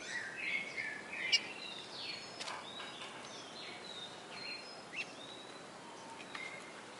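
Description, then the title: Red-cowled cardinal song: a few clear whistled notes early on, followed by sparse chirps and sharp clicks against constant background noise. Female singing, Fortaleza-CE. "Canto Galo Campina Fêmea. Galo de Campina Fortaleza-CE"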